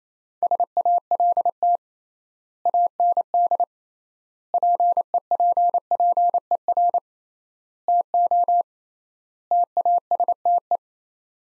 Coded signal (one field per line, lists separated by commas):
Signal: Morse code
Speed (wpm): 27 wpm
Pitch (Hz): 700 Hz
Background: none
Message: SALT AND PEPPER TO TASTE